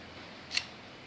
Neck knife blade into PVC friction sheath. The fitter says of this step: it snaps in place and